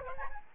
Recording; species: mosquito wingbeat signal from an infrared sensor; Aedes albopictus